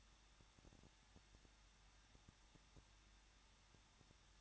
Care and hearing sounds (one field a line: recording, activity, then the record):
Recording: daily activity, microphone in the room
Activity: no activity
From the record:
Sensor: 3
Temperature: 21.3 degrees Celsius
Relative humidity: 36.2%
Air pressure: 1006.5 hPa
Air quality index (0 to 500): 220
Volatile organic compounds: 39 ppm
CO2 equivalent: 3132 ppm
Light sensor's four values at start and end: 2/3/2/2 and 2/3/2/2